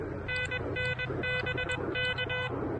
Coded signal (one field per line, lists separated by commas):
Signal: Morse code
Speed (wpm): 21 wpm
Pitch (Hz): 1500 Hz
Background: none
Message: NN BK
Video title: Pairing the Elecraft KH1 and an End-Fed Half-Wave for QRP POTA at Pisgah National Forest!